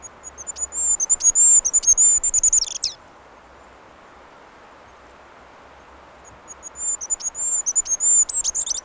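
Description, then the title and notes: Goldcrest song: two very high, thin, rhythmic phrases of rapidly repeated notes, the first ending in a quick twiddling flourish and the second running to the end, separated by a few seconds of quiet background hiss. Field recording from Finland. "Mikä lintu lauloi. Hippiäinen"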